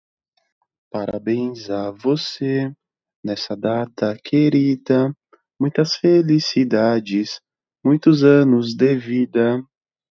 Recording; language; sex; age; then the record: short text; Brazilian Portuguese; male; 30 to 39 years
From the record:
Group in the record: control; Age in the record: 34 years